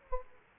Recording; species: mosquito wingbeat signal from an infrared sensor; Aedes aegypti